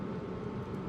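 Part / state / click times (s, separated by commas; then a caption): plastic missile into a toy crossbow launcher / not seated / none. A plastic missile projectile is being pushed into the spring-loaded plastic crossbow launcher of a 2007 Live Action Transformers Arcee concept transforming action figure. A steady, low, rumbling broadband noise fills the second, with no sharp transients. Nothing has clicked or locked into place yet.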